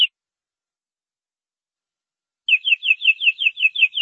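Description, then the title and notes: Canary song: a brief note, a long silence, then a series of slurred chirping notes repeated several times per second. "BM Suara Kenari. BM Suara Burung Kenari"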